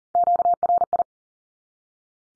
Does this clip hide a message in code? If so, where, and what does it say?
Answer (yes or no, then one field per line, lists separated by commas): yes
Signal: Morse code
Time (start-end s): 0.2-1.0 s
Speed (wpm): 40 wpm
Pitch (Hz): 700 Hz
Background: none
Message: QRI